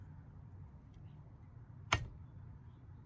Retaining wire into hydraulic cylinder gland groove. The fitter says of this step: um so you're gonna hear that click